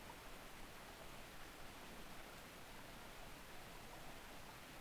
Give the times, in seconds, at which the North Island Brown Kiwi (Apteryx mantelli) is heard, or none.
none